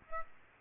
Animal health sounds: mosquito wingbeat signal from an infrared sensor; Aedes aegypti

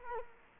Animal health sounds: mosquito wingbeat signal from an infrared sensor; Culex quinquefasciatus

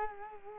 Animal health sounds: mosquito wingbeat signal from an infrared sensor; Culex quinquefasciatus

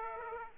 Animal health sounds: mosquito wingbeat signal from an infrared sensor; Aedes aegypti

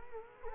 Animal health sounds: mosquito wingbeat signal from an infrared sensor; Culex quinquefasciatus

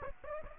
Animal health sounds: mosquito wingbeat signal from an infrared sensor; Aedes aegypti

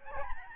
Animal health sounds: mosquito wingbeat signal from an infrared sensor; Aedes albopictus

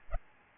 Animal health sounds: mosquito wingbeat signal from an infrared sensor; Aedes albopictus

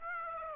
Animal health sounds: mosquito wingbeat signal from an infrared sensor; Aedes aegypti

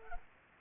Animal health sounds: mosquito wingbeat signal from an infrared sensor; Culex pipiens

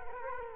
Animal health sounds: mosquito wingbeat signal from an infrared sensor; Culex quinquefasciatus

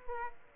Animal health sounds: mosquito wingbeat signal from an infrared sensor; Aedes aegypti

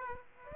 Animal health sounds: mosquito wingbeat signal from an infrared sensor; Aedes aegypti

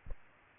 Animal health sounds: mosquito wingbeat signal from an infrared sensor; Aedes aegypti

